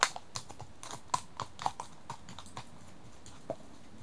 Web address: The BBC Sound Effects Library. Horses